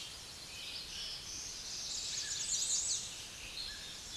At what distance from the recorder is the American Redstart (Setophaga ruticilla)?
about 45 m